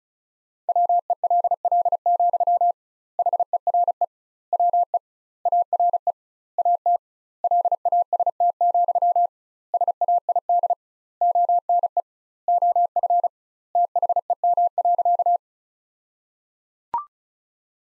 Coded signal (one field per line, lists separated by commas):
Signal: Morse code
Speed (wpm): 34 wpm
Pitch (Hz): 700 Hz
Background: none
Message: WELL, HERE WE ARE AT LAST, SAID ONE OF THEM.